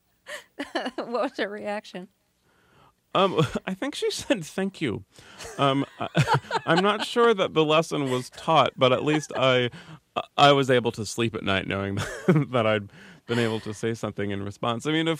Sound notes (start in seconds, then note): 5.4 laughter; 11.9 laughter